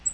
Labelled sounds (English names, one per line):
Black-throated Green Warbler flight call